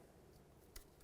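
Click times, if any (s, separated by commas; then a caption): none. The plastic connector on the wheel speed (ABS) sensor wire of a 2000–2005 Buick LeSabre is being handled near its mating plug on the vehicle wiring harness during a front wheel bearing replacement. A low steady background runs throughout, with a brief sharp tick at 0.8 s and a fainter one near 1.0 s. Nothing has seated or clicked yet.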